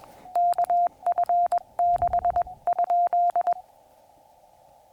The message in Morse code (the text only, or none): KF6?